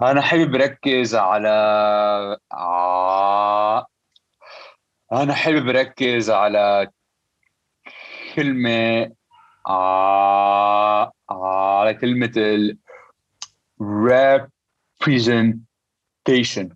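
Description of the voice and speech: An adult man with a lifelong, debilitating stutter speaks Arabic. He restarts the phrase 'I'd like to focus on' twice, drawing out sounds and stalling on the throat sound 'ʕ' with long silent pauses before finishing the word. Repetitions, prolongations and blocks like these are typical of stuttering.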